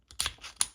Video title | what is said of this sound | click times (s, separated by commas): Klein Tools 12-in-1 Impact Rated Stubby Driver With Flip Sockets | So, that is the first position. You are not going to be able to lock it down into that second position. | 0.6 s